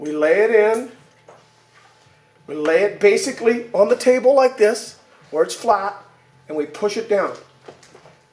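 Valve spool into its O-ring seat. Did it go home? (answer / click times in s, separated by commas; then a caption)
no / none. Someone talks while a VCOM valve spool is laid flat on a table and pushed down into its O-ring seat, with faint handling taps near 1.3 and 7.8 seconds. The spool has not yet clicked around the O-ring, which must sit all the way around so it won't leak; nothing has seated yet.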